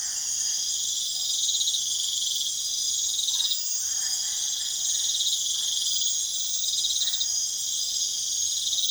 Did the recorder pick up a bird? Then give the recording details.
no. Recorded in pastures near Puerto Asís, Putumayo, Colombia, on 22 June 2025 at 22:30. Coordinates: 0.502, -76.324. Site G010